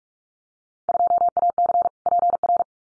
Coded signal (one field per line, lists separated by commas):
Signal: Morse code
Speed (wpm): 46 wpm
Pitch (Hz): 700 Hz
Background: none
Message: 2AC PR